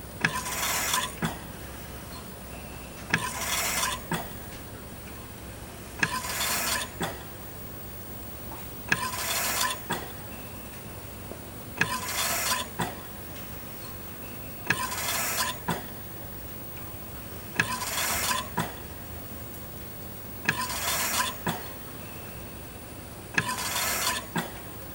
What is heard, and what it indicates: Hospital ICU. Ventilator recorded at machine end.